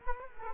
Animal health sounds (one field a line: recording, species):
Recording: mosquito wingbeat signal from an infrared sensor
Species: Culex quinquefasciatus